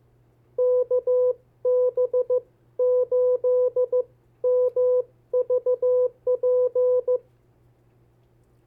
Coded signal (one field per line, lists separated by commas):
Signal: Morse code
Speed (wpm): 15 wpm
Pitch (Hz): 500 Hz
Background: none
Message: KB8MVP